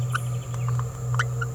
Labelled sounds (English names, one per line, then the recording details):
Green-rumped Parrotlet babbling
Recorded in a nest box in Venezuela
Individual 18B17A5